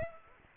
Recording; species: mosquito wingbeat signal from an infrared sensor; Aedes aegypti